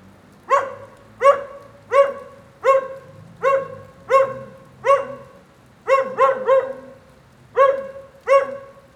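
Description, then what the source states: Dog barking rhythmically, about one sharp bark every two-thirds of a second, with a short fast run of three barks later on. Lone dog in the rain during a thunderstorm at 9a. Avenida 414, Quezaltenango, Guatemala.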